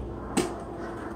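A plastic end cap is popped off a snap-in window covering mount in a bus, giving a single sharp pop at 0.4 s that briefly rises above a steady low background hum. The cap comes off so the covering can be clipped onto the mount's front edge.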